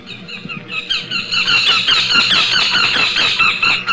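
Northern goshawk calls in a rapid series of harsh, nasal notes, carrying on steadily throughout, with low rumbling in the background.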